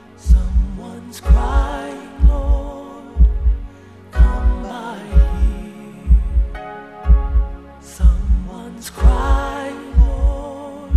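Deep, soft thumps repeat at an even pace of about 62 per minute, each beat a low paired pulse. A sustained humming, music-like tone runs underneath throughout. It is a calm, regular heartbeat sound of the kind played to soothe babies to sleep.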